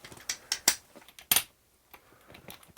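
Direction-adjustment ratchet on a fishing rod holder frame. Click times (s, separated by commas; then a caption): 0.3 s, 0.5 s, 0.7 s, 1.3 s, 2.8 s. The rear direction adjuster of a metal Damascus Viper fishing-rod holder frame is turned and steps through its ratchet detents, giving sharp clicks at 0.3, 0.5, 0.7, 1.3 and 2.8 seconds. The ratchet seats at each position, locking the holder so it cannot turn in the wind.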